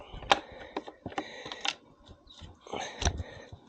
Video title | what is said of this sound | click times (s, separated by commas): RANT & Ride! STOP Riding Your Canyon Torque On! | Well, that cover doesn't snap in as nice as it used to. | 0.3 s